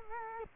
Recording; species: mosquito wingbeat signal from an infrared sensor; Culex quinquefasciatus